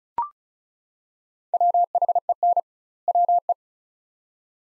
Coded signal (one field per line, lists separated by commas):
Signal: Morse code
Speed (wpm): 36 wpm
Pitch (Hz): 700 Hz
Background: none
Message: WHEN WE